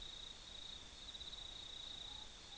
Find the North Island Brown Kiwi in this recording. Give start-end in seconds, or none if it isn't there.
none